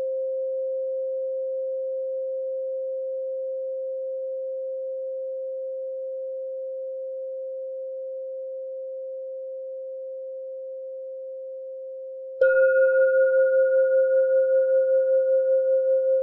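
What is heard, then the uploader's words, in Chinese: A singing bowl hums a single pure mid-pitched tone that fades very slowly for about twelve seconds. Near the twelve-second mark it is struck again, louder, adding a brighter higher ring above the hum, and the sound then pulses with a gentle, regular wobble. 钵音。440Hz。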